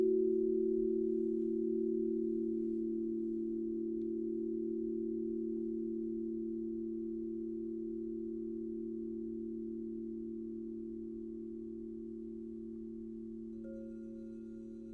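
A crystal singing bowl rings with a steady, pure low tone and a few stacked overtones, slowly fading in loudness across the whole clip. Near the end, around the thirteen-second mark, a faint higher tone joins in and holds.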